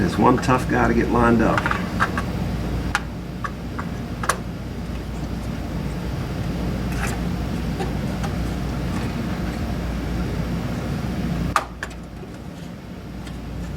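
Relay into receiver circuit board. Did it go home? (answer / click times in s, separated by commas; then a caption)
no / none. A replacement relay is worked into the circuit board of an Onkyo TX-SV313PRO receiver while someone talks, with a steady background hum and a few sharp handling clicks and taps. Nothing has seated or clicked into place yet by the end of the clip.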